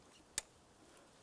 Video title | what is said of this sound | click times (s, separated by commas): How to Replace Thermostat with Housing Assembly 2009-2019 Ford Flex | There's a light click. | 0.4 s